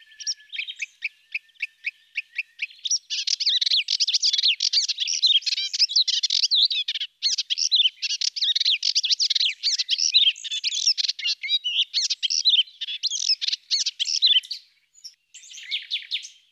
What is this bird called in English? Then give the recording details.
Melodious Warbler. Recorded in the wild. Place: St. Laurent des Arbres und Umgebung, FR. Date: 2010-05-24. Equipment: MiniDisc Sharp MT 20 H. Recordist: Schwarz, Dieter